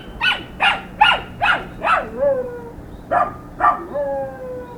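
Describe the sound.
Dog giving several short yelping barks, twice trailing into a longer sliding wail, with a steady low hum.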